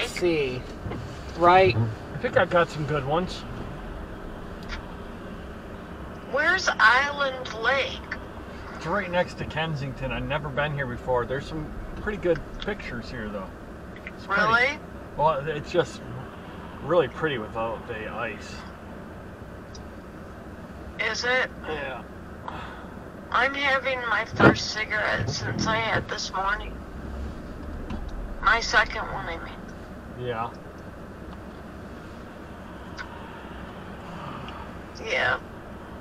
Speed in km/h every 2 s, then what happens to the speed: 0, 0, 0, 0, 0, 0, 0, 0, 0, 0, 0, 0, 0, 0, 0, 0, 0, 0.
0-36 standing.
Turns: none.